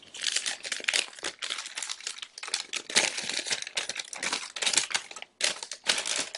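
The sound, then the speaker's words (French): Paper crinkles and rustles continuously as a letter, picked at random from a batch to be read aloud, is unfolded: a dense run of crisp, bright crackles with a brief pause near the end, no voices. “Puis là, à chaque semaine, on va piger une lettre, puis on va la lire.”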